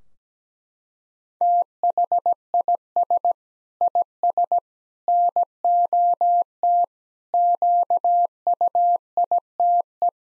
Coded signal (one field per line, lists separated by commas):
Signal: Morse code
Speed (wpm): 17 wpm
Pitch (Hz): 700 Hz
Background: none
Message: THIS IS NOT QUITE